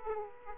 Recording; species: mosquito wingbeat signal from an infrared sensor; Aedes aegypti